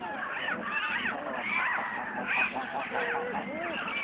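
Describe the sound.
Eiders calling together, repeated curved crooning notes rising then falling, several birds overlapping with brief higher squeaks mixed in.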